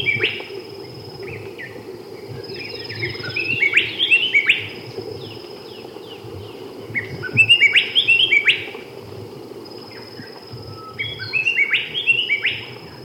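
Red shining-parrot calling in several separate bursts of rapid whistled notes, with quiet gaps between and a faint constant high tone.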